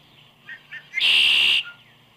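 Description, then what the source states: Red-winged blackbird song: two short soft notes, then a loud harsh buzzy trill lasting about half a second, followed by a brief thin whistle. Unmusical, somewhat metallic sound associated with steamy, malodorous wetland.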